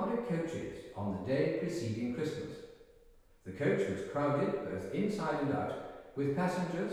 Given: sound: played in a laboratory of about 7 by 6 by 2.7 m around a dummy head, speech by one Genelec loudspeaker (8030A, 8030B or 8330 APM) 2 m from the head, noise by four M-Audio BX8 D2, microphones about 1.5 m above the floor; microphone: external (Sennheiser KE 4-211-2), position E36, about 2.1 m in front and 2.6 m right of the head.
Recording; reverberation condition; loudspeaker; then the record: male speech in English; high; behind (180 degrees)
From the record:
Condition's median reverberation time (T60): about 1300 ms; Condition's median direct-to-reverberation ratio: about -4.0 dB